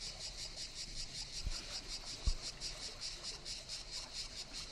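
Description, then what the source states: Cicadas singing in a steady, rapidly pulsing buzz, with two sharp low knocks midway. Cicadas in the morning at the Brégançonnet calanque on the Mediterranean, on the gravel beach at high tide.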